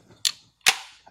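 The folded metal stock of an AKS-74U, the compact version of the AK-74, is pulled off the tab it clips onto and swung open. A sharp snap comes at 0.3 s, then a louder sharp metallic snap with a ringing tail at 0.7 s as the stock locks into the firing position. The stock is locked open and the rifle is ready to shoulder.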